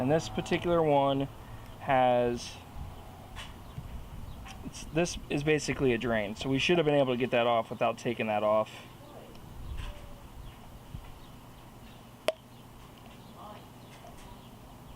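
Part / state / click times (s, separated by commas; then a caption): drain fitting on a mower carburetor float bowl / seated / 12.3 s. Someone talks while working on a Troy-Built lawn mower that won't start, on a carburetor float bowl with a built-in drain. A plastic drain fitting on the bowl is pressed into place and gives a single sharp click at 12.3 s, seating the drain.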